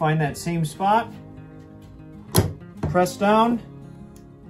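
Someone talks while the left internal hammer of a Stoeger break-action double-barrel coach gun frame is pressed down against a hard spot on a table to reset it. A sharp click sounds at 2.4 s as the hammer locks into the cocked position and the firing pin retracts into the frame, leaving the hammer set.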